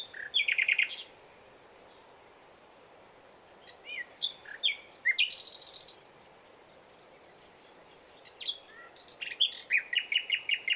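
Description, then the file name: Common nightingale song in short varied phrases: rapid trills, chirps and a harsh burst, separated by pauses of a couple of seconds. "Luscinia megarhynchos"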